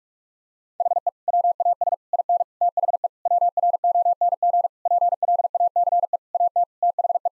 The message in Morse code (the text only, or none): HE WAS IN THE WRONG PLACE AT THE